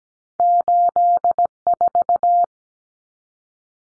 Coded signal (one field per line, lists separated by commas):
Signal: Morse code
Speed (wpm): 17 wpm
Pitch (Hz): 700 Hz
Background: none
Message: 84